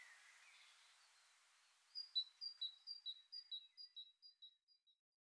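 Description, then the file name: Great tit song after two seconds of soft hiss: quick repeated high-low note pairs that gradually fade away toward the end. "Parus major"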